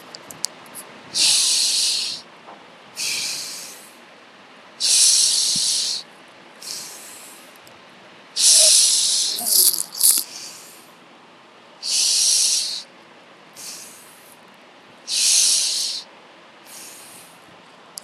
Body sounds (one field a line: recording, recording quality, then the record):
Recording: deep breathing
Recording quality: excellent, no background noise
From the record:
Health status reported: exposed to COVID-19, no respiratory illness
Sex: male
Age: 25 years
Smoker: yes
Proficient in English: yes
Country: India